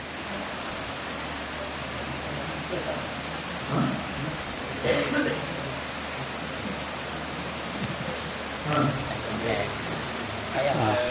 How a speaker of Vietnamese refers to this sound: Thế thầy không nghe được. Tại mưa rất là lớn.